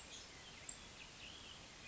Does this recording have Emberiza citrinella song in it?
no